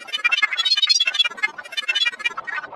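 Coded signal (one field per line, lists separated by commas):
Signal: none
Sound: music synth beeps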